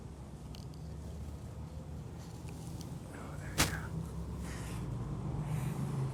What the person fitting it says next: oh my gosh it just clicked right in